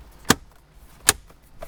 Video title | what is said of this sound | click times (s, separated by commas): Toyota Tacoma Sony XAV-9500ES Plug & Play Kit Installation - 2016 - 2023 Toyota Tacoma | and it's just going to snap right into place | 0.3 s, 1.1 s